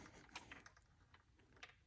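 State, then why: Not seated. The male end of a brake light T-harness is pushed toward the mating plastic wiring connector on a Talaria Sting e-bike, with light plastic handling rattles and a few sharp ticks over a soft background. Nothing has seated or clicked yet; the clip ends just before the connector goes home.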